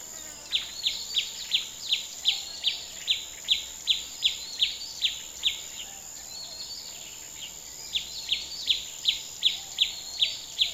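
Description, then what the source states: Bird repeating quick, falling chirp notes in two long series separated by a short pause, with a constant high-pitched insect drone behind. Country setting.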